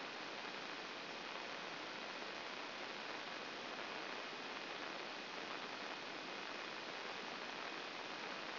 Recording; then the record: brain microelectrode recording played as sound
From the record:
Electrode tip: inside the subthalamic nucleus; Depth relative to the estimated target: 4 mm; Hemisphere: left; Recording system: AlphaMap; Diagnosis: Parkinson's disease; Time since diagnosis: 11 years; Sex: male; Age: 56 years